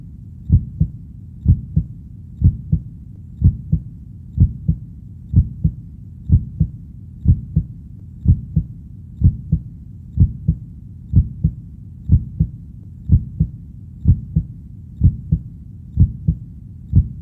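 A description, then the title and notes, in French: A heartbeat thumps steadily at about one beat per second, each beat a muffled lub-dub pair. The sound is deep, with a soft low hum filling the gaps, and the rhythm stays even throughout. Battements de cœur.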